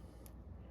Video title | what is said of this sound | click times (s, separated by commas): Cyclone 7 - Cabinet Clear Coating and Reassembly | until you hear it click like that and now it's in there so that's number one | 0.3 s